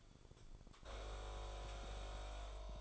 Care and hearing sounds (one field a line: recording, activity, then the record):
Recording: daily activity, microphone in the room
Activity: make coffee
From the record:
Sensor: 5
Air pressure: 1014.8 hPa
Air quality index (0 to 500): 201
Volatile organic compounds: 9 ppm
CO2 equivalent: 2141 ppm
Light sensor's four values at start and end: 17/39/15/14 and 17/39/15/14